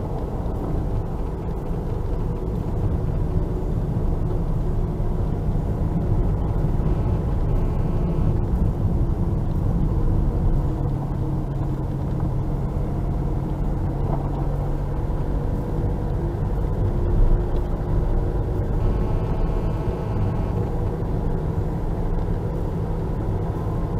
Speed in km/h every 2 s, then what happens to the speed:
44, 43, 41, 41, 38, 32, 34, 37, 39, 41, 43, 44.
0-6 steady at about 41. 6-10 slows to 32. 10-24 speeds up to 44.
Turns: 7-13.